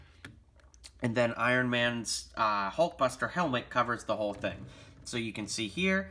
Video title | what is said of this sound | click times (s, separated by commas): REVIEW: Lego Marvel 76105 - Hulkbuster: Ultron Edition | if we push this down that bar will lock into place and then | 0.2 s